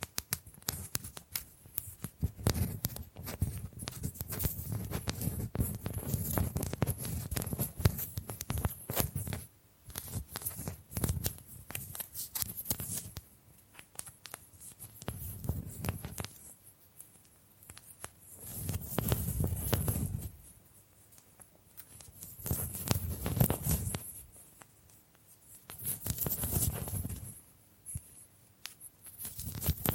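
Bamboo being tapped, scratched and brushed, with dense crackly rustling and quick clicks through the first ten seconds. After a short pause the scraping comes in separate swells, around 12, 16, 19, 23 and 27 seconds, each with a low rumble under the brighter scratching.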